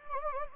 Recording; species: mosquito wingbeat signal from an infrared sensor; Anopheles gambiae